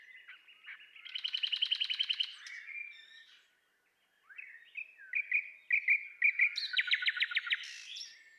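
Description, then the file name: Common nightingale song: a loud rapid pulsing trill, a brief pause, then short whistled notes building into another rattling series. "Luscinia megarhynchos"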